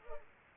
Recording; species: mosquito wingbeat signal from an infrared sensor; Culex pipiens